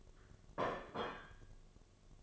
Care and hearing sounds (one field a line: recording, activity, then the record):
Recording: daily activity, microphone in the room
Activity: place plate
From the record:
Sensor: 4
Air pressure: 1005.1 hPa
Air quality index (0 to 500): 184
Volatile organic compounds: 5 ppm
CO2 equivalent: 1806 ppm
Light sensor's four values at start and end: 5/12/4/4 and 5/12/4/4